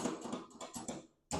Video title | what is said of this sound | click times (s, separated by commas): MUST WATCH IF YOU’RE ASSEMBLING THE CAMP CHEF XXL PRO SMOKER!!! STEP BY STEP WITH TIPS!! | locks in place all right so now comes the fun part of | 1.3 s